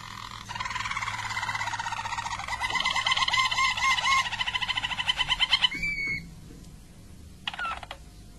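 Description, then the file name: Harz Roller canary song: steady rapid trills building in intensity, a brief held note, a pause, then one short trill. Belgian Harz Roller canary song. "canto do canario belga harz roller"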